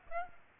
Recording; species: mosquito wingbeat signal from an infrared sensor; Aedes aegypti